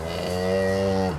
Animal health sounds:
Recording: contact call of a hoofed animal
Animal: cattle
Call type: low-frequency (closed-mouth) or high-frequency (open-mouth) call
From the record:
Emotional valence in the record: negative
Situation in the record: full separation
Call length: 1.19 s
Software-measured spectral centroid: 2470 Hz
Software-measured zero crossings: 1680 a second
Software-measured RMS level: -24 dBFS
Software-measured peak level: -12 dBFS

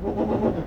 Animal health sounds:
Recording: contact call of a hoofed animal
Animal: goat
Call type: low-frequency (closed-mouth) or high-frequency (open-mouth) call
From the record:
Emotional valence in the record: positive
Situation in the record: food anticipation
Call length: 0.66 s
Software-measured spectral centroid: 920 Hz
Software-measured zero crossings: 820 a second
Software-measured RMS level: -24 dBFS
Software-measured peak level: -10 dBFS

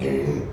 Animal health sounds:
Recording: contact call of a hoofed animal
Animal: pig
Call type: closed-mouth grunt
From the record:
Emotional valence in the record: negative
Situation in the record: short social isolation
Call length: 0.53 s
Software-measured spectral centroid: 1540 Hz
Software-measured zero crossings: 840 a second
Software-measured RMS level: -24 dBFS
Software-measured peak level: -13 dBFS

